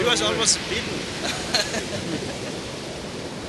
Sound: laughter

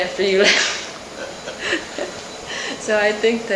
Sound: laughs

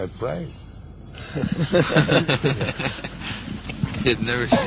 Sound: laughter

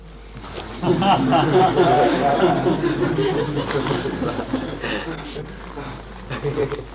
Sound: laughter

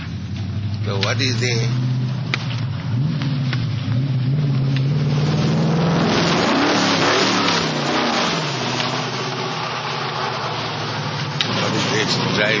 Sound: interrupted by loud car revving engine

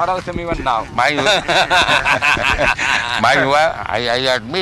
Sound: laughter

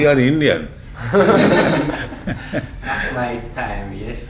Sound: laughter

